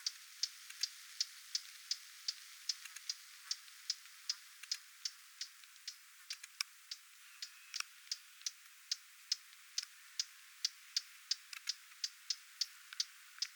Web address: paivat 20 7 2026 kuvien hernekerttulintuemon huomioaantelya lentopoikastensa lahella